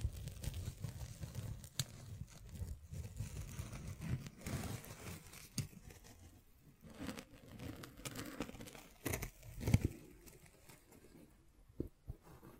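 Scratching, tracing and tapping sounds come in irregular bursts over a low, continuous rumble. Short sharp taps and scrapes flare up every second or so, with a louder cluster around the middle and a strong tap near ten seconds.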